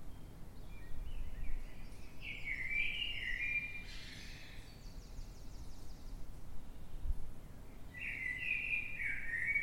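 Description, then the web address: Eurasian blackbird singing two separate mellow whistled phrases with a long pause between them, the first closing with thin high squeaks, over low background rumble throughout. Recorded in the dead of night, 3:50 am, in London, UK, on 9 March 2026. "Blackbird Dead Of Night. london uk. by eleanor mcdowall"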